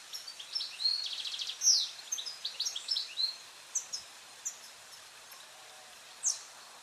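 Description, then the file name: European goldfinch twittering busily at first with liquid, buzzy trills, then tailing off to scattered single high chirps and a final sharp note. "Carduelis carduelis"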